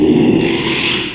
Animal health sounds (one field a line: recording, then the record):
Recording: squeal of a Yucatan mini pig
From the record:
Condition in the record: after surgery on the right vocal fold (resection and tissue-engineered implant)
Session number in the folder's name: 1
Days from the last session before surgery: 6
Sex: male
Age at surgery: 12 weeks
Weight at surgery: 13 kg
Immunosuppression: cyclosporine, prednisolone